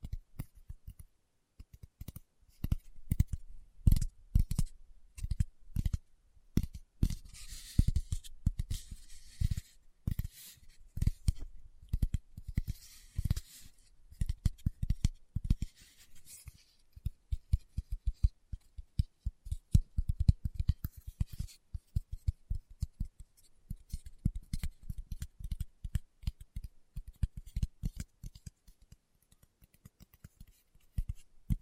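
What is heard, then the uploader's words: Fingertips tap steadily across a surface, each tap a soft, low thud with a short click on top. The taps come in quick, uneven bursts with brief pauses. A faint hiss rises in the background around the middle. ASMR Tapping with Fingertips (No Talking).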